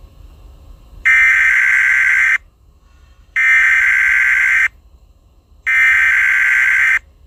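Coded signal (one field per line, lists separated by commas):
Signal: Emergency Alert System (SAME) tones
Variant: header bursts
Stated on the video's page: Fictional EAS scenario about a film monster; simulated alert tones.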